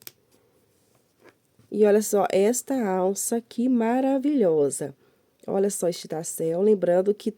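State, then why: Seated. An 18 mm magnetic button clasp on a finished crochet handbag is closed, and a sharp snap is heard at 0.1 s as the magnet halves meet and the clasp fastens shut. A few faint taps follow around 1.3–1.5 s, and then someone talks.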